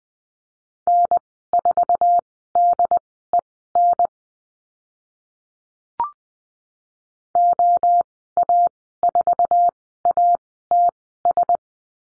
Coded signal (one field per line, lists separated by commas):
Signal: Morse code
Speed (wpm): 20 wpm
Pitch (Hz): 700 Hz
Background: none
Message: N4DEN OA4ATS